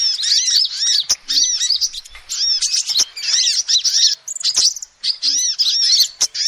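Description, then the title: Lovebird chatter: shrill bursts of rapid, bouncing squeaks and chirps with short pauses and faint low knocks. Lovebird calls used as a lure (pikat) for trapping birds. "PIKAT BURUNG LOVEBIRD"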